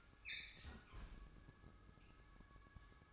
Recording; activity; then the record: daily activity, microphone in the room; close fridge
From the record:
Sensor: 2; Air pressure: 1007.6 hPa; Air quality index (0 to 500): 38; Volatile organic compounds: 1 ppm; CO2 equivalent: 536 ppm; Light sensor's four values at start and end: 10/24/10/11 and 10/24/10/11